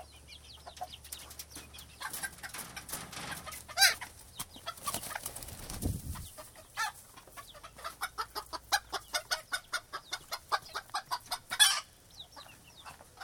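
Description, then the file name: Chickens clucking in rapid rhythmic pulses, with a few louder squawks and a low rumble partway through. Coop atmosphere: chickens recorded inside a chicken coop. "Chicken Coup Atmosphere"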